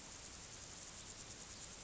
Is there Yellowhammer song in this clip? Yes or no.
no